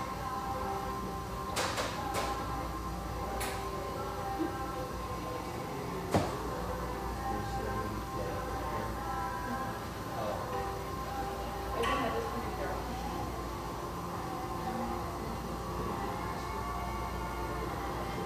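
Coffeehouse sounds with mellow radio music: a dense, steady wash of low rumble and murmuring voices with soft tonal lines running through it. Sharp clinks and clatters of cups or dishes punctuate it, clustered near the start and again around six and twelve seconds.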